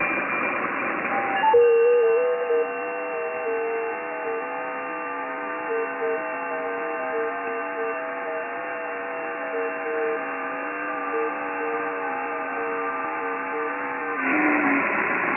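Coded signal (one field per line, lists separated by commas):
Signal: FT8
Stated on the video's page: FT8 audio sent live from a TS590S radio to the PC.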